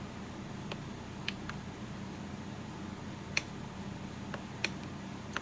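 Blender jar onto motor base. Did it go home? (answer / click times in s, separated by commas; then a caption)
no / none. A blender jar is repeatedly pressed down and repositioned on its motor base, giving short, sharp taps at about 1.3, 3.4 and 4.7 seconds over a steady low hum. The jar has not clicked into place yet, so it is not sitting properly and the blender will not turn on.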